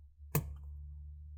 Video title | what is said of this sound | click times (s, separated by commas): ✔Macbook Air a1708 service / Repaste / Overheating FIX Guide | want to lift it up too much you'll never hold not too much and we wanna hear the other click there | 0.4 s